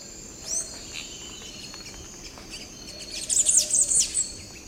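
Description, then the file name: Tanager song: one high slurred note early, then a quick run of sharp, very high chattering notes near the end, with constant high insect buzzing behind. "canto da pipira verde"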